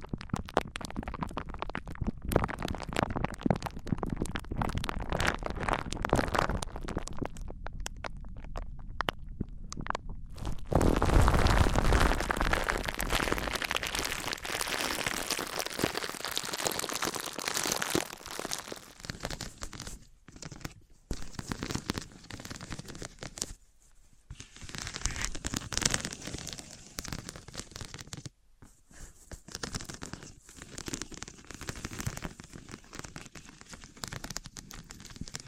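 Objects of wood, cork, sponge, foam, glass and plastic are rubbed and handled, giving dense scratchy crackling with brief pauses and a louder stretch near eleven seconds.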